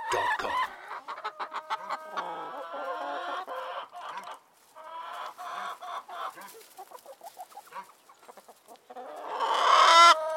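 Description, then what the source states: Chickens clucking in rapid, repeated short notes, with drawn-out calls between the clucks and a louder, harsher squawk near the end. Recorded in a chicken coop.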